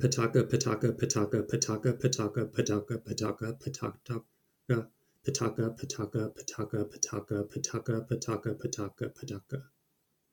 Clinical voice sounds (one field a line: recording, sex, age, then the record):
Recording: repeated syllables /pa ta ka/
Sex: male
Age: 30 to 39 years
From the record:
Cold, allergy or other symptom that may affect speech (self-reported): no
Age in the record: 33 years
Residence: California, United States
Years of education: 16